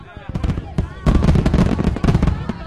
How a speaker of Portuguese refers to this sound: Bora, caramba, meia-noite, bora lá ver os fogos, né? Bora ver os fogos. Bora.